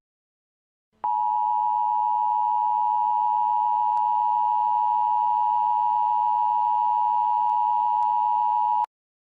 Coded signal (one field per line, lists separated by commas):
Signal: Emergency Alert System (SAME) tones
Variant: 853 and 960 Hz attention tone